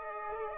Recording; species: mosquito wingbeat signal from an infrared sensor; Aedes aegypti